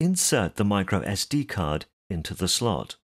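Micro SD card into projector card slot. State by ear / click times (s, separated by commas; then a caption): not seated / none. A micro SD card is being inserted, gold contacts facing down, into the side card slot of a pico projector. Only someone talking is heard, with no click or other sudden sound. Nothing has seated or clicked yet.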